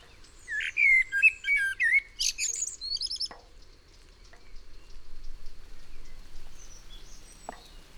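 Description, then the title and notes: Common Blackbird song phrase of rich, varied whistles running into a thin, squeaky twittered flourish, then quieter background with a couple of faint clicks. Recorded in June 1999 in Massignieu-de-Rives, France, during a thunderstorm, on a Tascam DAP-1 with a Telinga microphone. "juin 1999 orage et merle. Merle et orage, puis grillons. Massignieu-de-Rives, France"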